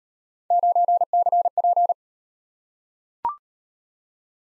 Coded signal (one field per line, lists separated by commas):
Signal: Morse code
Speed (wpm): 38 wpm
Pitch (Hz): 700 Hz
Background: none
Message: 9CP